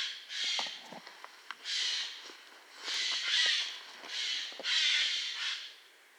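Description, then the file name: Eurasian jay calling with rough, hoarse screeches, several in succession, alongside faint clicks and small scattered sounds. "Garrulus glandarius"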